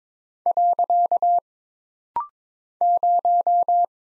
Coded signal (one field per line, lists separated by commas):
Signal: Morse code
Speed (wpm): 22 wpm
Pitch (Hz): 700 Hz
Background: none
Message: . 0